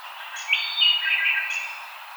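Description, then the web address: Wood thrush: one ringing, flute-like phrase of slurred whistles that fades at the end. Recorded on 5 May 2007. "Wood Thrush 2007 05 05 Wood Thrush"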